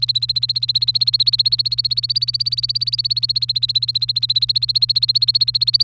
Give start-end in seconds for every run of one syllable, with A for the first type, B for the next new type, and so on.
0.00-5.83 A